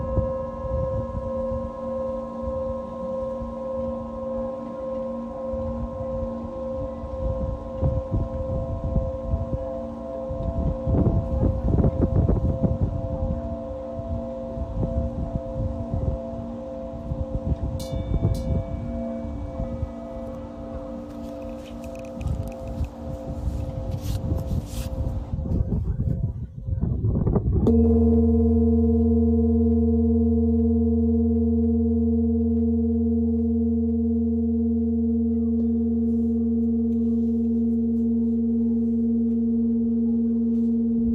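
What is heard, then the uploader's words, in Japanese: Singing bowls ring in steady layered tones with rubbing and scraping textures until about 27 seconds, then pure sustained tones hum on evenly. メキシコから シンギングボウルのサウンドヒーリング ライブ。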